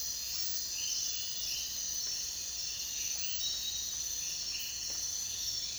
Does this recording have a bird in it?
no